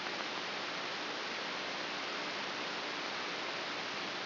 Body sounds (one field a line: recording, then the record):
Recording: brain microelectrode recording played as sound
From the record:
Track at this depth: outside the subthalamic nucleus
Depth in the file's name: 5.419 mm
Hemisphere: left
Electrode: 3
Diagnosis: Parkinson's disease